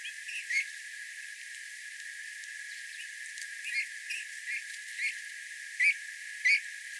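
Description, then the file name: Eurasian bullfinch calls: soft, short piping notes scattered irregularly, ending with two clearer, louder notes. "Pyrrhula pyrrhula"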